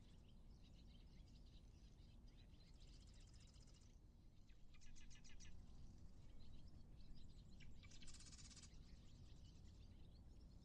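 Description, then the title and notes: Terns calling in short raspy, chattering bursts, several separate outbursts over a heavy low rumble. Terns carrying fish. "Terns with fish. The Macauley Library at the Cornell Lab of Ornithology, Ithaca, New York"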